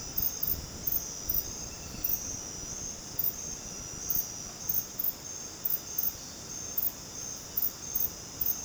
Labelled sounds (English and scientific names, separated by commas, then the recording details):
none
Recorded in dense forest near Puerto Asís, Putumayo, Colombia, on 12 March 2025 at 20:30
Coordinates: 0.486, -76.317
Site G053